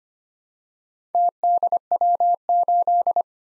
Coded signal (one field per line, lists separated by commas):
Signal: Morse code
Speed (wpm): 25 wpm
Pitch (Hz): 700 Hz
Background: none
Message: TDW8